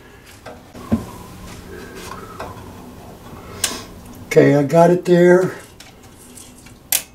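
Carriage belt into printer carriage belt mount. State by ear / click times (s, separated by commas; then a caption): seated / 6.9 s. A rubber toothed carriage belt on a Freejet 330TX printer is gently pulled back on both sides until it seats on the carriage belt mount. Someone talks over faint handling noises, and one sharp, loud snap at 6.9 s marks the belt snapping into place, confirmed as seated.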